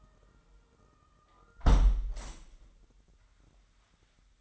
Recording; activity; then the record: daily activity, microphone in the room; close window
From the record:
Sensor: 3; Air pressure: 998.4 hPa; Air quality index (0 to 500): 136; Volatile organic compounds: 4 ppm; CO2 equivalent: 1626 ppm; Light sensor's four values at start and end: 8/20/8/9 and 8/20/8/9